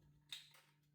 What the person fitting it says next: Once it's in, you're going to hear the click